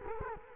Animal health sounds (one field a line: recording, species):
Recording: mosquito wingbeat signal from an infrared sensor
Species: Culex quinquefasciatus